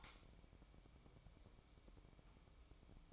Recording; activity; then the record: daily activity, microphone in the room; light on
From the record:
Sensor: 1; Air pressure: 1008.0 hPa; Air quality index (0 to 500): 122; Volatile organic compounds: 2 ppm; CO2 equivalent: 1026 ppm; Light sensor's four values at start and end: 8/19/8/8 and 13/39/15/16